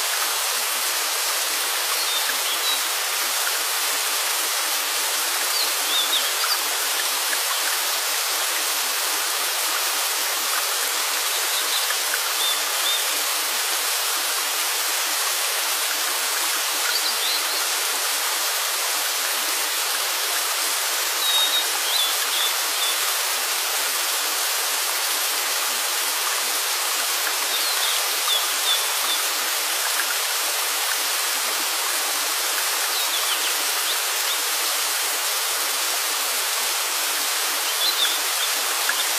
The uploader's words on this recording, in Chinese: 瀑布音丨白噪音。